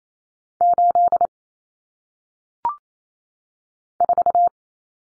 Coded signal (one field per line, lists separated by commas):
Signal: Morse code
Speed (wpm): 28 wpm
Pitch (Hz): 700 Hz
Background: none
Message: 8 4